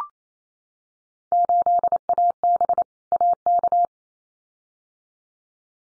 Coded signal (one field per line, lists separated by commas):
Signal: Morse code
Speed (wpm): 28 wpm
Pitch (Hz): 700 Hz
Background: none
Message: 8AB AK